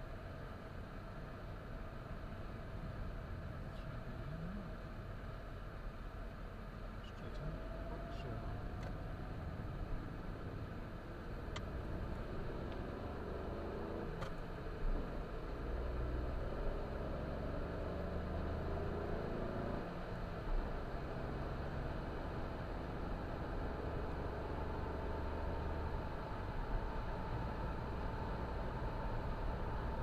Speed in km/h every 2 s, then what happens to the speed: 24, 24, 23, 25, 28, 32, 43, 50, 62, 71, 75, 79, 83, 84, 85.
0-5 steady at about 24. 5-24 speeds up to 83. 24-30 steady at about 84.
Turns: 0-9.